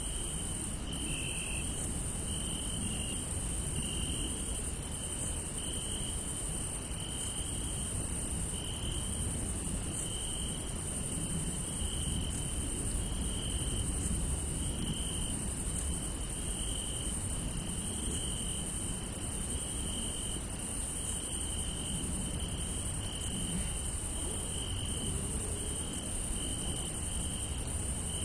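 Crickets chirp steadily across a field at night, a dense, unbroken high trill with a second pulsing line repeating about every second. Underneath sits a soft, constant low rumble, and the overall level stays even throughout.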